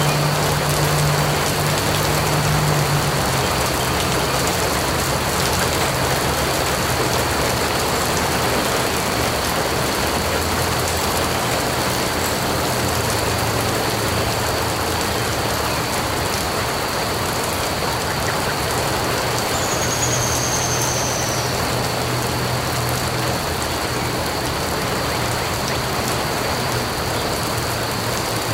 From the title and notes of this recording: Morning Rain. The gentle pitter-patter of raindrops as they hit the ground. This episode features only natural soundscapes with no dialogue or voice.